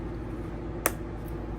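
A metal double cap rivet top cap is pressed by hand onto its post through a leather strap and a quilted fabric bag wall. Over a low steady background hum, it gives a small sharp click at 0.9 s as the cap seats securely, though it still has to be set with a tool.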